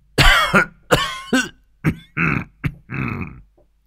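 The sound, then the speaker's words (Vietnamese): A series of about seven dry, harsh coughs from an old master clutching his chest, with short gaps between them, some longer and raspy, others brief and sharp, fairly loud with no talking. “Dứt lời, Hoàng lão gia ôm ngực ho khan mấy tiếng, rồi đứng dậy phất tay bỏ về buồng riêng.”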